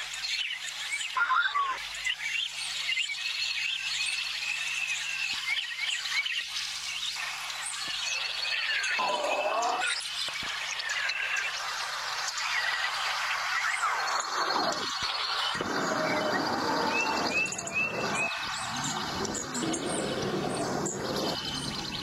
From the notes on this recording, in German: Ein Fieldrecording mit Vogelstimmen